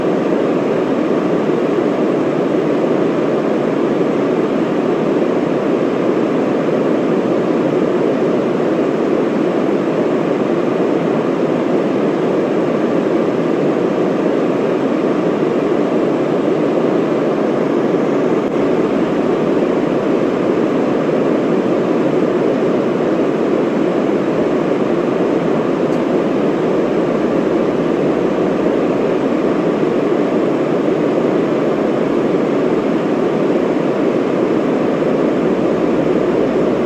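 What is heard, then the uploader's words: A steady, unbroken white noise hiss runs for the whole clip without any change in level or texture. It is dense and full, weighted toward a warm low-middle rumble like a cabin or engine drone, with softer brightness above and no separate events. White Noise.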